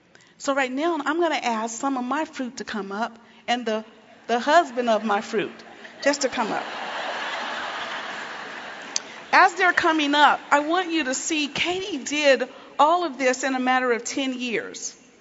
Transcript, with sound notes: So right now I'm going to ask some of my fruit to come up and the husband of my fruit just to come up. (laughter) As they’re coming up, I want you to see Katie did all of this in a matter of ten years.